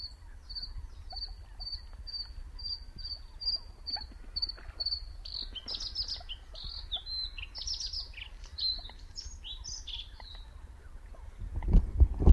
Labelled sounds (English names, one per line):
Bluethroat song